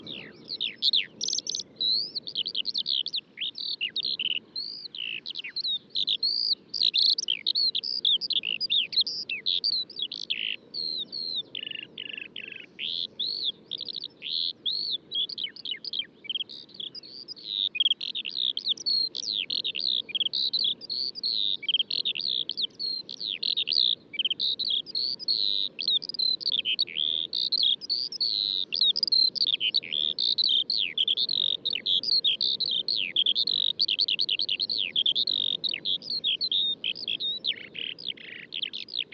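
Birds at daybreak on a high mountain pass chirp in a dense, unbroken chorus of bright rapid calls over a soft low rumble.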